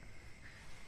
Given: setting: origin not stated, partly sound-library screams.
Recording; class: one-second piece from a danger detection set; normal situation